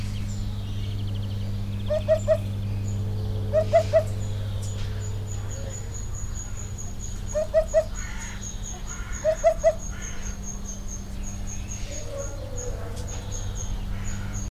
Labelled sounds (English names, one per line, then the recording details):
Eurasian Hoopoe song
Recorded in captivity
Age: adult
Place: Zoo Berlin, Berlin, DE
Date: 1998-06-20 11:41
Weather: wolkig - heiter, 22°C
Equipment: Sony MD-WM MZ-R3, Sennheiser ME 80, Kopie Uher 4000 Report Monitor
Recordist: Tembrock, Günter